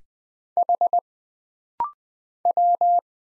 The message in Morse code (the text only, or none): H W